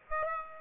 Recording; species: mosquito wingbeat signal from an infrared sensor; Aedes aegypti